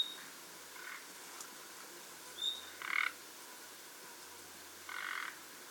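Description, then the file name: Common nightingale calls: a thin, high whistle and a few brief, rasping croaks, spread over a steady background hiss. "Luscinia megarhynchos"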